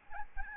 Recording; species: mosquito wingbeat signal from an infrared sensor; Aedes albopictus